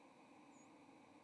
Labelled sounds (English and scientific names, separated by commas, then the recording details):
White-throated Sparrow (Zonotrichia albicollis) flight call
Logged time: 07:30 on 30 October 2014